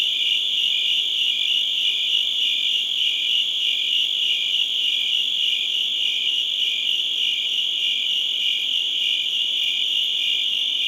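Crickets in full chorus, a bright unbroken trilling wall of sound, with a lower note pulsing beneath.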